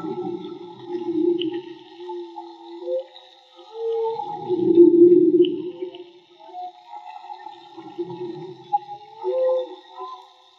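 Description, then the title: Whale moans and grunts, with a short rising whoop before a loud groan at five seconds and later upsweeping tones over constant hum. Field recording made with DIY hydrophones built by the recordist; audio cleaned afterward. "CANTO DE BALLENAS MAGMA"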